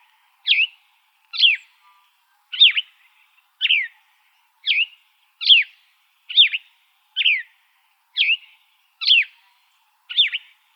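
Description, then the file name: Gray vireo song: short, high phrases repeated about once a second, eleven in all. Recorded 28 August 2005, in Arizona. "GRVI 7 deviche"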